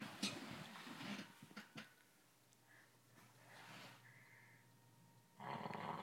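A sleeping dog gives loud, rough, rattling snores in noisy bursts, with congested breathing from an upper respiratory infection being treated with antibiotics, a mucus-drying medicine, saline spray and a cough suppressant.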